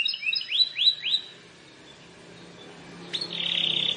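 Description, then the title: Plain prinia giving a few quick rising whistled notes, then a short gap and a harsh buzzy phrase. "Ciblek Sawah"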